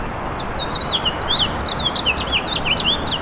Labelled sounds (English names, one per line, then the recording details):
House Finch song
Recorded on Long Island, New York, on 7 June 2012
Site SU
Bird B